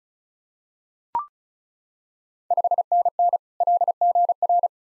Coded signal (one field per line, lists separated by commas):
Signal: Morse code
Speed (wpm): 36 wpm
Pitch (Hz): 700 Hz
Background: none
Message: 5NN LGR